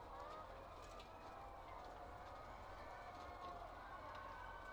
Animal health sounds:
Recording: poultry house recording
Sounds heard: healthy chickens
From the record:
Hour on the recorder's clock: 8

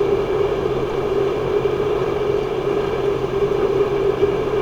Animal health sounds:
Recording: poultry house recording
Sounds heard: no chicken sound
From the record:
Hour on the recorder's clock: 11

